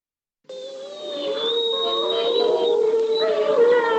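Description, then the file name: Grey wolf howl: a long, steady mournful tone held for seconds, joined by a higher wavering voice and further howls toward the end. "Vlk obecny"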